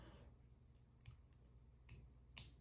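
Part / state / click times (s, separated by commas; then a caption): crimped pin terminal into Deutsch connector housing / seated / 2.4 s. A crimped pin terminal is pushed by hand through the rubber seal into a Deutsch connector housing until it locks. Faint ticks at about 1.1 and 1.9 seconds come before a sharp, bright click at 2.4 seconds as the terminal seats.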